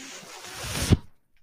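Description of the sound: A rising rush of air that cuts off sharply: one breath delivered by a home mechanical ventilator.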